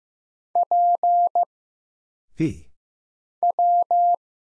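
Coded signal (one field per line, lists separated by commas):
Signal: Morse code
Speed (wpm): 15 wpm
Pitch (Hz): 700 Hz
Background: none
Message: P W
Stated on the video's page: Single-character Morse drill at 15 wpm of letters, numbers, punctuation and prosigns for instant character recognition, each sent, spoken, then sent again.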